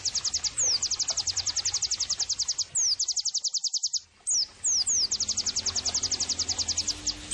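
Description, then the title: White-eye with fast, shrill trills at very high pitch, punctuated by descending whistles and a short silent gap mid-way. Lively 'gacor' singing white-eye used as therapy and bird-training (masteran) audio. "Pleci Gacor 05. terapi pleci dextro 87 plus masteran kenari sahduOmAcuz Dextro87 channel"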